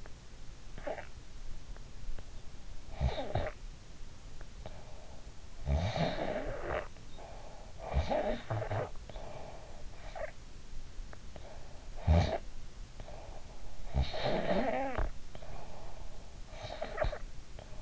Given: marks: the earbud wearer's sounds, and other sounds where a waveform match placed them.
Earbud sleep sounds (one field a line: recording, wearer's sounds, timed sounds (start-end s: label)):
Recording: sounds in sleep by an in-ear microphone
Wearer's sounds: snoring breath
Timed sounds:
0.59-1.17 s: snoring breath
2.73-3.77 s: snoring breath
5.53-6.92 s: snoring breath
7.83-8.93 s: snoring breath
11.37-12.63 s: snoring breath
13.77-15.90 s: snoring breath
16.50-17.76 s: snoring breath